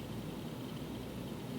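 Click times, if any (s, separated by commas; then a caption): none. An open metal ponytail cuff is lined up around a ponytail elastic band before being closed. Only a steady, even background hiss with low rumble is heard, with no distinct sharp sounds. The cuff has not clicked shut yet.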